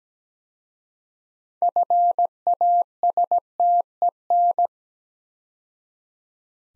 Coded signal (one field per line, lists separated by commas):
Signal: Morse code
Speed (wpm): 17 wpm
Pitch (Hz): 700 Hz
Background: none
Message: FASTEN